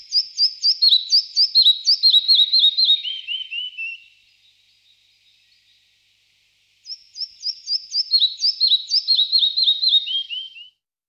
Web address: All the bird songs of Britain and Europe - Jean-Claude Roche. Ficedula parva